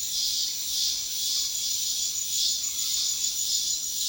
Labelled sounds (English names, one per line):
none